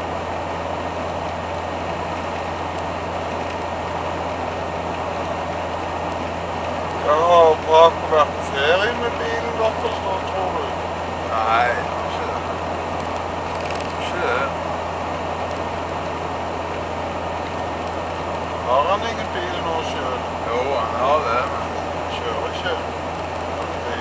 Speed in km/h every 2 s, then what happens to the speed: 77, 77, 77, 77, 77, 76, 76, 76, 76, 76, 75, 76.
0-24 steady at about 76.